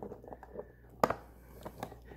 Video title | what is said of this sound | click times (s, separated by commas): DIY Inexpensive Home Computer Network - Patch Panel | you'll hear it snap hear it | 1.0 s